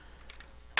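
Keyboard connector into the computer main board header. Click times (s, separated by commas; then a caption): 0.8 s. A keyboard cable connector on a CoCo3 fitted with a replacement Keyfix3 keyboard circuit board is pushed by hand into its header on the computer's main board. After a quiet stretch with a faint tick at 0.3 s, a sharp, loud click at 0.8 s marks the connector seating fully home.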